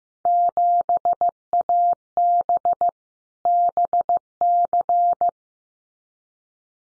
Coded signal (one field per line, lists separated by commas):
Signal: Morse code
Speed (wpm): 15 wpm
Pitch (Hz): 700 Hz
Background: none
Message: 7AB BC